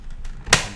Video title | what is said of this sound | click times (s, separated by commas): Vornado fan repair | You should hear a click. | 0.5 s